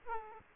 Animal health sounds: mosquito wingbeat signal from an infrared sensor; Aedes aegypti

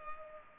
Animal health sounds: mosquito wingbeat signal from an infrared sensor; Culex pipiens

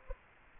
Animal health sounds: mosquito wingbeat signal from an infrared sensor; Culex quinquefasciatus

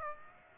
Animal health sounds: mosquito wingbeat signal from an infrared sensor; Aedes aegypti

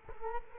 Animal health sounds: mosquito wingbeat signal from an infrared sensor; Culex quinquefasciatus

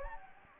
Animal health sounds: mosquito wingbeat signal from an infrared sensor; Anopheles gambiae

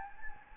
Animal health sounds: mosquito wingbeat signal from an infrared sensor; Anopheles gambiae

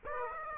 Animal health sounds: mosquito wingbeat signal from an infrared sensor; Aedes aegypti

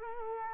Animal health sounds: mosquito wingbeat signal from an infrared sensor; Culex quinquefasciatus

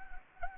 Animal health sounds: mosquito wingbeat signal from an infrared sensor; Anopheles arabiensis

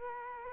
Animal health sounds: mosquito wingbeat signal from an infrared sensor; Culex quinquefasciatus

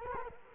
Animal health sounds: mosquito wingbeat signal from an infrared sensor; Culex quinquefasciatus

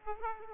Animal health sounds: mosquito wingbeat signal from an infrared sensor; Aedes aegypti

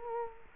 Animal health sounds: mosquito wingbeat signal from an infrared sensor; Culex quinquefasciatus

